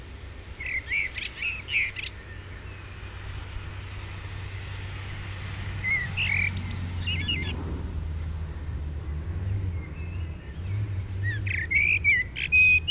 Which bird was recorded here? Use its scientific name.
Turdus merula